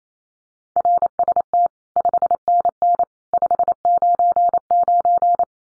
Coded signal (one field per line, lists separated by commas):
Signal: Morse code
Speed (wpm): 28 wpm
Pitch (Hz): 700 Hz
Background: none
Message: RST 5NN 599